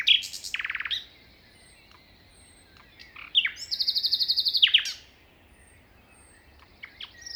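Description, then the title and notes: Common nightingale song: a sharp rattling phrase, a pause, then a long series of loud repeated notes, over light wind. Nightingale singing beside a path at 5:05 am, 21 May 2019, Plateau de Lesches en Diois; windy; recorded in stereo on a Nagra Seven with MKH40 microphones. "Plateau de Lesches en diois. un rossignol en bord de chemin"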